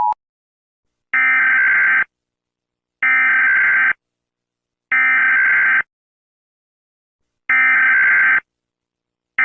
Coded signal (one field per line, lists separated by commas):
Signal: Emergency Alert System (SAME) tones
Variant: header bursts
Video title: Some random fake EAS I made a long time ago (REUPLOAD)